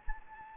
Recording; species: mosquito wingbeat signal from an infrared sensor; Anopheles gambiae